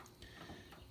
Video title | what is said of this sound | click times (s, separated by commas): Installed fender lip moldings on my 68 Fairlane 500. | and see it's still not really wanting to to grab so | 0.2 s